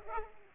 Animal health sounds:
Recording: mosquito wingbeat signal from an infrared sensor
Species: Culex pipiens

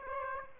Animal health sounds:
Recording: mosquito wingbeat signal from an infrared sensor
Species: Aedes aegypti

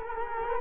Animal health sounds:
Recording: mosquito wingbeat signal from an infrared sensor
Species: Culex quinquefasciatus

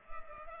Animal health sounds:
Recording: mosquito wingbeat signal from an infrared sensor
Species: Culex pipiens

